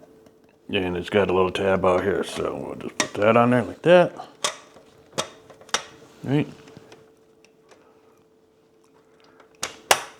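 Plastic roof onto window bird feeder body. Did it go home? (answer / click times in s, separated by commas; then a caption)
yes / 9.6 s, 9.9 s. Someone talks while hooking the plastic roof of a small window bird feeder onto its body by its tab, with a few light plastic taps along the way. The roof is then pressed down and snaps into place with two sharp clicks at 9.6 s and 9.9 s, seating it on the feeder.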